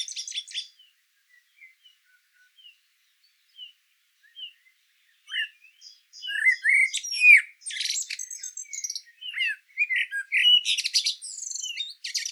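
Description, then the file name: Common blackbird song with sparse soft notes at first, then busy squawky, twittering phrases and high chattering notes, with bursts coming in irregular succession. "Turdus merula"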